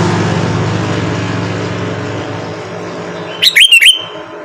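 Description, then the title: Sooty-headed bulbul delivers a single quick phrase of four chirpy whistled notes near the end, after a steady low engine rumble. "Kutilang"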